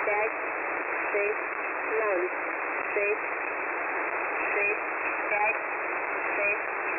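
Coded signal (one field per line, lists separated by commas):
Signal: numbers station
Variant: S06s, Russian female voice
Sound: woman's voice reading short words at even intervals through heavy hiss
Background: radio static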